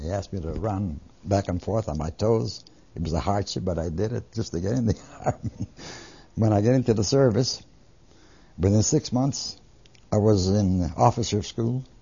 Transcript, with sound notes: They asked me to run back and forth on my toes. It was a hardship but I did it, just to get in the army. (He laughs.) When I got into the service, within six months, I was in officer's school